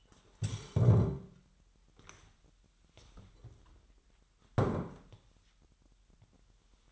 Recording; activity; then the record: daily activity, microphone in the room; stand up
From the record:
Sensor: 3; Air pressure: 998.6 hPa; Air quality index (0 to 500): 127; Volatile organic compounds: 3 ppm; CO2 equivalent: 1513 ppm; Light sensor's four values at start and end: 8/18/7/8 and 7/14/6/7